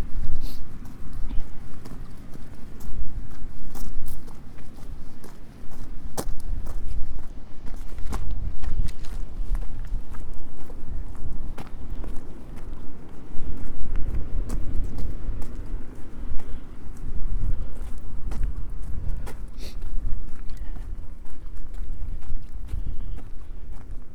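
Footsteps along the South West Coast Path, from Crackington Haven to Boscastle. Sharp crunching steps land every second or so, fairly regular, over a constant low rumble like wind buffeting that rises and falls throughout.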